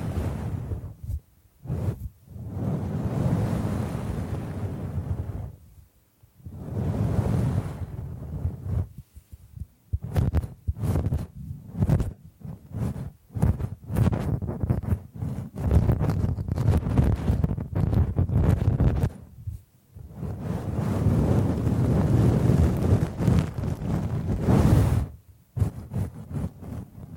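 Bamboo is scratched and brushed in long rough sweeps, broken by quick bursts of tapping around the middle, with brief silent gaps between passages.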